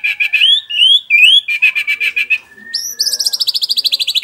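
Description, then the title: White-rumped shama song: loud rising whistled notes repeated about three times, then a steady run of rapid, buzzy, evenly spaced notes. Masteran training song for caged birds, described as labaik. "MURAI BATU LABAIK"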